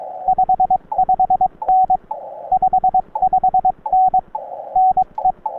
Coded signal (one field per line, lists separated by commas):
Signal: Morse code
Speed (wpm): 23 wpm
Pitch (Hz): 750 Hz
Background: radio noise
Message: 55N 55N NE